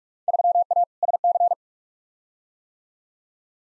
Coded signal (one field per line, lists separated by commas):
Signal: Morse code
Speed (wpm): 42 wpm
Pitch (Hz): 700 Hz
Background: none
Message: 3A SC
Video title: Field Day Exchange v2 - 45wpm